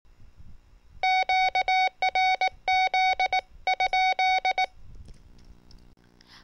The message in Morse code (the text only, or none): QRZ ?